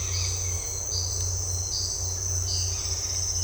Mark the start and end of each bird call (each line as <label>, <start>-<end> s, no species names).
bird call, 0.00-3.44 s